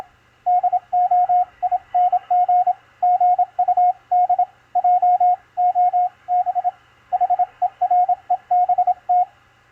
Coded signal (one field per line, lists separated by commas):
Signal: Morse code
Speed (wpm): 26 wpm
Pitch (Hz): 720 Hz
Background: radio noise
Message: DOING GUD JOB HERE BT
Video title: DECODING MORSE CODE ON 20M - MACHILITE DSP SDR RECEIVER 9-16-2021